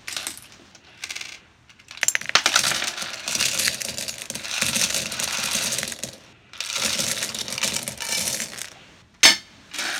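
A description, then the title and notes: Buttons rattle and clatter inside a jar in dense bursts of bright clicking, the first short shakes giving way to longer sustained pours from about two seconds on. Brief pauses separate the runs, and a single sharp clack lands near nine seconds. Jar of Buttons. As I was going through my craft supplies I came across my old button collection.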